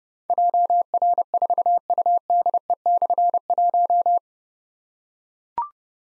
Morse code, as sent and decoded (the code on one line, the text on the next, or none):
.--- .-. ....- ..- -.. . -..-. .----
JR4UDE/1